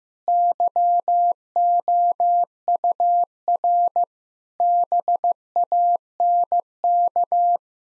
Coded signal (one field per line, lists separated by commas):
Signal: Morse code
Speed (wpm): 15 wpm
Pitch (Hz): 700 Hz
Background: none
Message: YOUR BANK